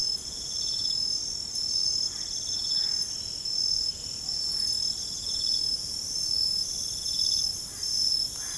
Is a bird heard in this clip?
no